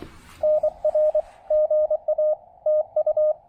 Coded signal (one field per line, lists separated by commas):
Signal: Morse code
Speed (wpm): 24 wpm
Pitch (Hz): 610 Hz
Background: radio noise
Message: NR GA TU